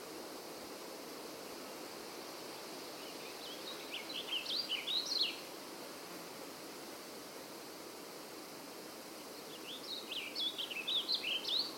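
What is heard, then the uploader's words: A mid-day forest with a steady, dense rushing hiss like flowing water filling the whole clip. Twice, around four to five seconds and again near ten to eleven seconds, a bird sings a quick run of bright, high chirps and trills over the wash. Mid-Day Forest. Recorded June 2022.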